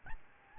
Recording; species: mosquito wingbeat signal from an infrared sensor; Aedes albopictus